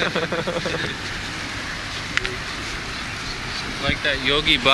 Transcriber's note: laughter